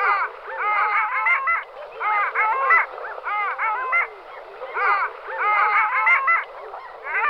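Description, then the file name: Long-tailed duck calls: nasal, yodelling phrases of rising and falling notes, given in repeated bursts. "Hoholka ledni Clangula hyemalis"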